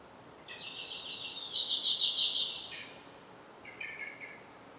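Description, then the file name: Common blackbird song ending in a long, dense, high twittering phrase with a brief softer chirping trill after it. "Turdus merula"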